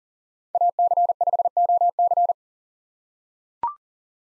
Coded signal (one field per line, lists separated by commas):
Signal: Morse code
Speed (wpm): 40 wpm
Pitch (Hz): 700 Hz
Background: none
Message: AC5OC